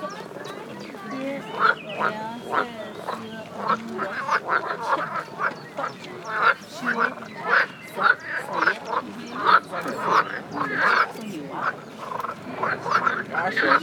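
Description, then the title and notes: Frogs quacking in a busy chorus, bursts of rapid croaks rising and falling in loudness, several callers overlapping. Several frogs quacking at a pond in the Flora botanical garden, Cologne, Germany. "Amsterdamer Str. 52, 50735 Köln, Deutschland - Quackende Frösche. quacking frogs. Köln, Flora, Botanischer Garten, Teich, Frösche, Cologne, Botanical Garden, Pond, Frogs"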